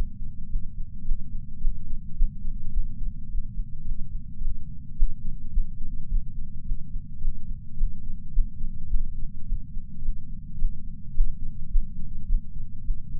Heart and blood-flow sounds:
heart sounds by patch sensor on the chest; 107 bpm
0.48 s: heartbeat
1.03 s: heartbeat
1.59 s: heartbeat
2.15 s: heartbeat
2.71 s: heartbeat
3.28 s: heartbeat
3.83 s: heartbeat
4.39 s: heartbeat
4.95 s: heartbeat
5.51 s: heartbeat
6.08 s: heartbeat
6.64 s: heartbeat
7.19 s: heartbeat
7.75 s: heartbeat
8.31 s: heartbeat
8.88 s: heartbeat
9.45 s: heartbeat
10.01 s: heartbeat
10.57 s: heartbeat
11.13 s: heartbeat
11.69 s: heartbeat
12.26 s: heartbeat
12.82 s: heartbeat
From the record:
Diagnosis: coronary artery disease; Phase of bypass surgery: postoperative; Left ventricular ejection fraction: 54.7%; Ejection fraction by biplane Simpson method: 51.3%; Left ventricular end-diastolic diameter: 46 mm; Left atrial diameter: 45 mm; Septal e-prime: 5.3 cm/s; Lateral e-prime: 7.1 cm/s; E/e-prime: 10.6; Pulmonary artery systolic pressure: 26 mmHg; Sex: male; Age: 58 years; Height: 182 cm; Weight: 89 kg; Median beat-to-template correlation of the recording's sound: 0.72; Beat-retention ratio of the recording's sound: 0.99

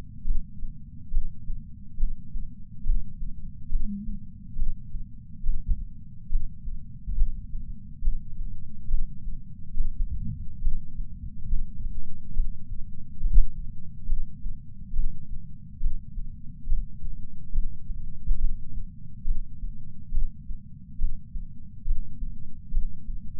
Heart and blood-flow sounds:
heart sounds by patch sensor on the chest; 69 bpm
0.24 s: heartbeat
1.11 s: heartbeat
1.97 s: heartbeat
2.83 s: heartbeat
3.69 s: heartbeat
4.56 s: heartbeat
5.43 s: heartbeat
6.29 s: heartbeat
7.15 s: heartbeat
8.01 s: heartbeat
8.88 s: heartbeat
9.74 s: heartbeat
10.71 s: heartbeat
11.47 s: heartbeat
12.33 s: heartbeat
13.20 s: heartbeat
14.06 s: heartbeat
14.93 s: heartbeat
15.80 s: heartbeat
16.66 s: heartbeat
17.52 s: heartbeat
18.38 s: heartbeat
19.24 s: heartbeat
20.11 s: heartbeat
20.98 s: heartbeat
21.84 s: heartbeat
22.71 s: heartbeat
From the record:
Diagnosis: coronary artery disease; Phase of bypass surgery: intraoperative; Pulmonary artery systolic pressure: 30 mmHg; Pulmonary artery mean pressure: 20 mmHg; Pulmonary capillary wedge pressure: 14 mmHg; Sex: male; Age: 62 years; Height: 165 cm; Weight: 72 kg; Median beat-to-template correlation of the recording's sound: 0.95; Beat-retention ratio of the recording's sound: 0.98

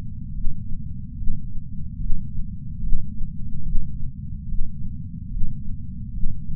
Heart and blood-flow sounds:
heart sounds by patch sensor on the chest; 72 bpm
0.30 s: heartbeat
1.14 s: heartbeat
1.97 s: heartbeat
2.80 s: heartbeat
3.62 s: heartbeat
4.44 s: heartbeat
5.27 s: heartbeat
6.10 s: heartbeat
From the record:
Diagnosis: coronary artery disease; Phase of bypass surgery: intraoperative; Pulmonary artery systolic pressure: 14 mmHg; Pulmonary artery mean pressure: 10 mmHg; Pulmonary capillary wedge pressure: 9 mmHg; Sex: female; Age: 74 years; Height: 160 cm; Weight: 64 kg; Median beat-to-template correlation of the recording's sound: 0.90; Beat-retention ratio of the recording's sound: 0.99

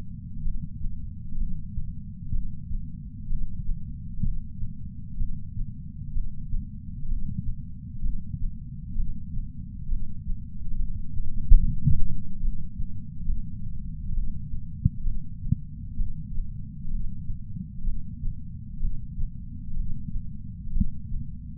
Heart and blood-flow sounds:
heart sounds by patch sensor on the chest; 65 bpm
0.43 s: heartbeat
1.38 s: heartbeat
2.32 s: heartbeat
3.28 s: heartbeat
4.23 s: heartbeat
5.17 s: heartbeat
6.13 s: heartbeat
7.08 s: heartbeat
8.02 s: heartbeat
8.96 s: heartbeat
9.89 s: heartbeat
10.77 s: heartbeat
11.60 s: heartbeat
12.40 s: heartbeat
13.26 s: heartbeat
14.14 s: heartbeat
15.04 s: heartbeat
15.97 s: heartbeat
16.91 s: heartbeat
17.84 s: heartbeat
18.80 s: heartbeat
19.76 s: heartbeat
20.73 s: heartbeat
From the record:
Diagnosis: coronary artery disease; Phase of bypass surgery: preoperative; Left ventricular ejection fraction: 60%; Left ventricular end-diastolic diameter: 47 mm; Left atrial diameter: 35 mm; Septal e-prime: 6.9 cm/s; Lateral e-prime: 9.8 cm/s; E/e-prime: 7.7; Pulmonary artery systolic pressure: 27 mmHg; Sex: male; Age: 63 years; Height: 180 cm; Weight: 65 kg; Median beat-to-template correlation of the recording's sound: 0.86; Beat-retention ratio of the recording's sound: 0.95

